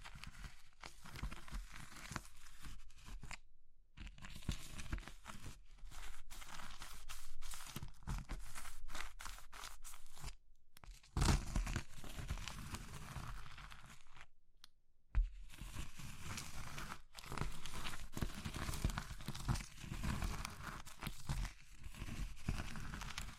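Soap, chalk and meringue are crushed in dense, crackly crunching bursts, broken by brief silences near four, eleven and fifteen seconds.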